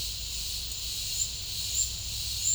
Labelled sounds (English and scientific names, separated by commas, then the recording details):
none
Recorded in pastures near Puerto Asís, Putumayo, Colombia, on 26 December 2024 at 12:00
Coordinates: 0.496, -76.326
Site G004